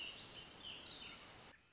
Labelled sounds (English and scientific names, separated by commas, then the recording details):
American Robin (Turdus migratorius)
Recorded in Sonoma County, California